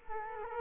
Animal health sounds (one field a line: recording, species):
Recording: mosquito wingbeat signal from an infrared sensor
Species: Culex quinquefasciatus